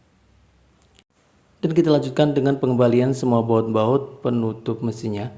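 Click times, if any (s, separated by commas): 0.8 s, 1.0 s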